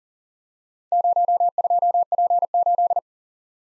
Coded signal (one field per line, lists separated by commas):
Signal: Morse code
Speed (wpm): 40 wpm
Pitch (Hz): 700 Hz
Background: none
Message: 02P8